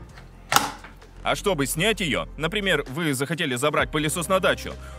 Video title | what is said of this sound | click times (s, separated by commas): Dreame H13 Pro 🔥ОБЗОР + ТЕСТы🔥 ЛУЧШИЙ Моющий вертикальный пылесос 2024 ✅ Он может все! Убедись сам! | The handle, as usual, is inserted until it clicks. | 0.6 s